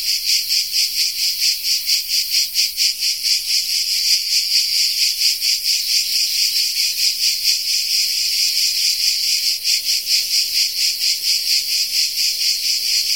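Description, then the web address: Cicada song, an insistent high buzz pulsing roughly twice each second throughout. Cicada of the genus Tettigia recorded in the Peloponnese in the morning. "Peloponnes akustik au Tettigia Cicada morning"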